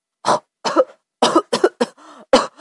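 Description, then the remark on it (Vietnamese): A man eating porridge suddenly coughs violently in a rapid string of harsh, choking bursts, about six of them, with a strained wheezing gasp for air caught between the last few. “Đột nhiên gã khựng lại, vẻ mặt thay đổi hẳn, gã bụng miệng, ho sặc sụa.”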